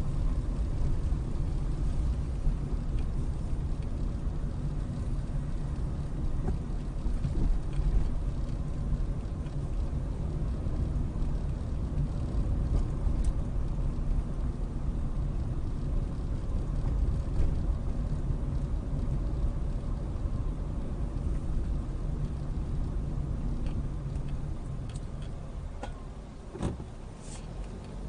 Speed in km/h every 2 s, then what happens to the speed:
19, 18, 18, 18, 18, 19, 21, 19, 19, 21, 19, 18, 8, 5.
0-21 steady at about 19. 21-25 brakes to 5.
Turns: none.